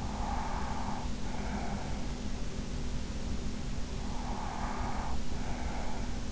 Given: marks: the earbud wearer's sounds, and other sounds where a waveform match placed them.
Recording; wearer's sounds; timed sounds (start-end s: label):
sounds in sleep by an in-ear microphone; breath
0.00-2.06 s: breath
4.06-6.29 s: breath